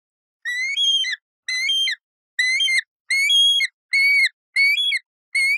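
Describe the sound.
Yellow-billed kite calling in high, wavering whistled chirps, each burst under a second long, repeated roughly every second with slightly irregular gaps.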